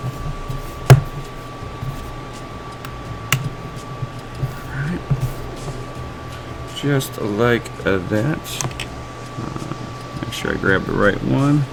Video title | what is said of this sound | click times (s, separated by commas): Laptop Battery Replacement | snap right into place just like that BAM just | 0.9 s, 3.3 s